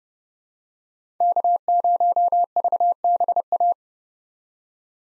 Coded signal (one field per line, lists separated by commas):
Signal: Morse code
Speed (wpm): 30 wpm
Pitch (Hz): 700 Hz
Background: none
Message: K0VBA